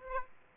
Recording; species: mosquito wingbeat signal from an infrared sensor; Aedes aegypti